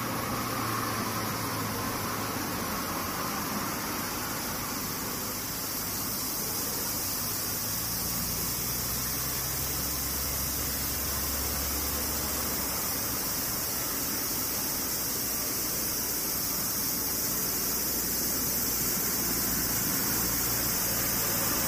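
Cicadas keep up a dense, shrill drone that stays high and unbroken for the full twenty-odd seconds, with no pauses or pulses. Beneath it runs a low, steady rumble like passing traffic, which swells briefly around the middle.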